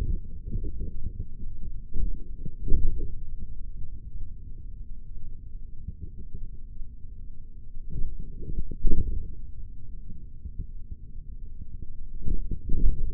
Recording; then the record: forearm muscle sounds (acoustic myography)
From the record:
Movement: forearm supination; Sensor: system 3, bracelet of six PUI Audio POM-2738L microphones around the upper forearm, with dedicated amplification and filtering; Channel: 2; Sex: male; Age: 56 years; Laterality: right